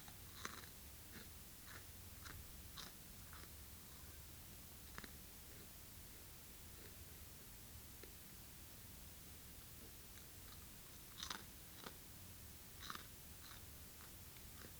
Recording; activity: daily activity, guitar pickup as the sensor; eat